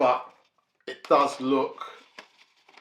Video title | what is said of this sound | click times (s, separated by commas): Is this the one lens to rule them all for macro flight, wildlife and birds. OM 50-200mm f2.8 is pro | a lot nicer when you've got the Oh, that's a nice click. | 2.2 s